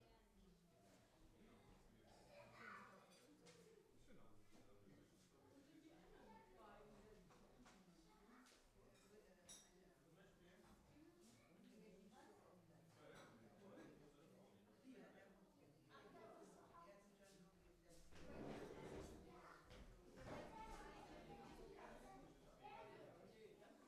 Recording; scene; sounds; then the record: everyday scene through a hearing-aid microphone; many people talking; many voices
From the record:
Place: parish hall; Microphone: behind the ear, right, front